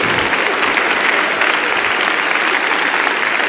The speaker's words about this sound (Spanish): bueno, yo les agradezco mucho los aplausos